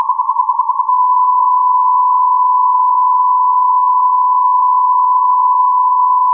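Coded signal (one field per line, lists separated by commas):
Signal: radio time signal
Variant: Beta, RJH77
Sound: steady 1 kHz tone, about ten quick on-off pulses at start, then continuous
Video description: 12:46 : Time code, on-off modulation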